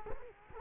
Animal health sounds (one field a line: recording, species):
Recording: mosquito wingbeat signal from an infrared sensor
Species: Culex quinquefasciatus